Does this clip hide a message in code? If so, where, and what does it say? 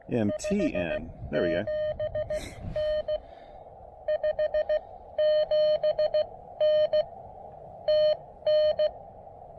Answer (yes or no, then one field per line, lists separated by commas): yes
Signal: Morse code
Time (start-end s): 0.3-8.9 s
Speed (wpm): 17 wpm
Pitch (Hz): 610 Hz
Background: speech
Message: 57N 57N TN